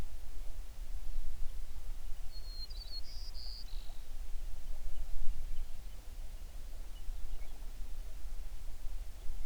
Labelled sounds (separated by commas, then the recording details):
songbird
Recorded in the Prudhoe Bay oil fields, Alaska, on 11 June 2019 at 05:26
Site 21